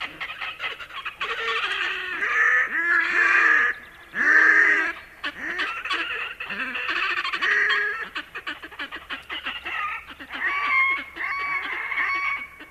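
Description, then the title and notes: Red-necked Grebe bellowing: drawn-out, harsh braying wails in several bursts, broken by rapid chattering pulse series. "Viikon luontoääni: Härkälintu. Juha Laaksonen"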